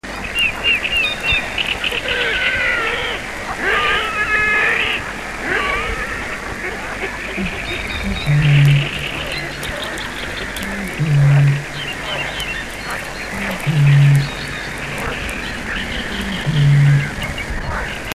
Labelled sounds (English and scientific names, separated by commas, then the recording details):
Great Bittern (Botaurus stellaris), Great Reed Warbler (Acrocephalus arundinaceus), Red-necked Grebe (Podiceps grisegena)
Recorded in the wild
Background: Acrocephalus arundinaceus, Podiceps grisegena
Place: Petershain, Niederlausitz, Sachsen, DE
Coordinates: 51.3167, 14.7514
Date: 1963-06-10
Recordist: Meyer, Hugo
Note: Männchen: Rufreihe